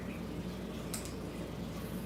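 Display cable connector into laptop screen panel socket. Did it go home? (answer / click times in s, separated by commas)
yes / 0.9 s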